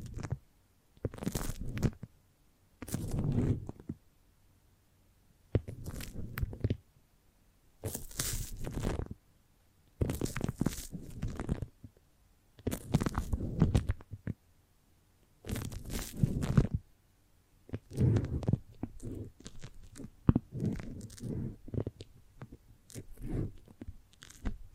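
Foamy, sticky brain-massage sounds come in short crunchy, crackling bursts about every two seconds, separated by near silence, with squelchy tearing textures.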